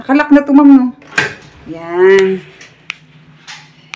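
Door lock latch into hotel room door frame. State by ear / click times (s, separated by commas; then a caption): seated / 2.9 s. A hotel room door lock latches into the hotel room door frame after the door is locked. Someone talks, then a sharp click is heard at 2.9 s as the lock seats, followed by a fainter click near the end.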